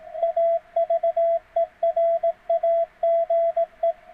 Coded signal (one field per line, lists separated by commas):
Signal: Morse code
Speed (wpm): 18 wpm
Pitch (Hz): 660 Hz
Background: radio noise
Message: AVERAGE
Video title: CW Ain't For Machines!